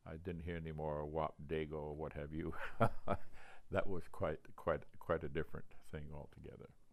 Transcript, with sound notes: I didn't hear any more wop, dago, what have you. [chuckles] That I was quite — quite a different thing altogether.